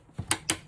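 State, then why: Seated. On a BMW E87 120d with the M47 engine, a charge-air hose coupling is pushed onto the outlet of the new intercooler. After a dull low thump at about 0.2 s, two sharp bright clicks ring out at 0.3 s and 0.5 s as the retaining clip snaps home, and the coupling is seated.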